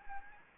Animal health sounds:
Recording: mosquito wingbeat signal from an infrared sensor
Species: Anopheles gambiae

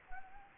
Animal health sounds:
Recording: mosquito wingbeat signal from an infrared sensor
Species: Anopheles gambiae

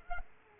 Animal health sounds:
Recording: mosquito wingbeat signal from an infrared sensor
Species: Culex pipiens

